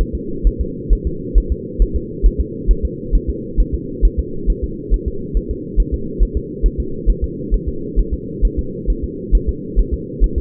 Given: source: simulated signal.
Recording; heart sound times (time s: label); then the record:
fetal heart sounds
0.01 s: S1
0.15 s: S2
0.47 s: S1
0.61 s: S2
0.93 s: S1
1.07 s: S2
1.38 s: S1
1.52 s: S2
1.82 s: S1
1.96 s: S2
2.26 s: S1
2.41 s: S2
2.71 s: S1
2.85 s: S2
3.15 s: S1
3.30 s: S2
3.60 s: S1
3.74 s: S2
4.05 s: S1
4.19 s: S2
4.50 s: S1
4.64 s: S2
4.94 s: S1
5.08 s: S2
5.37 s: S1
5.51 s: S2
5.80 s: S1
5.94 s: S2
6.23 s: S1
6.37 s: S2
6.66 s: S1
6.80 s: S2
7.10 s: S1
7.24 s: S2
7.54 s: S1
7.68 s: S2
7.99 s: S1
8.14 s: S2
8.45 s: S1
8.59 s: S2
8.90 s: S1
9.04 s: S2
9.35 s: S1
9.49 s: S2
9.79 s: S1
9.94 s: S2
10.24 s: S1
10.38 s: S2
From the record:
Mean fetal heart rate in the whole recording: 135 bpm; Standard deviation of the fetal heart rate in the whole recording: 3 bpm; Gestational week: 36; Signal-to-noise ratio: -4.3 dB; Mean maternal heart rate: 72 bpm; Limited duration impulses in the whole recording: absent